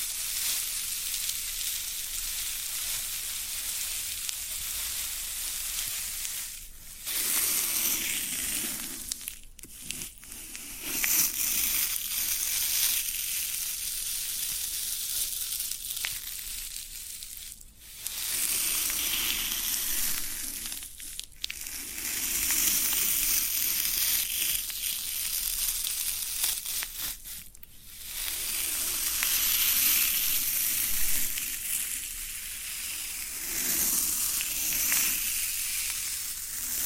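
Floral foam being pressed and broken gives a dense, bright crackling hiss, with brief quiet gaps near 7, 10, 18, 21 and 27 seconds.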